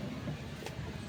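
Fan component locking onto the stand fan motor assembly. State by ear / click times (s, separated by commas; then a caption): not seated / none. A part of a Camel stand fan, fitted onto the motor assembly during a repair because the fan struggled to spin, is being handled. A steady low rumble fills the clip, with a brief broadband brush of noise around 0.7 s. Nothing has seated or clicked yet.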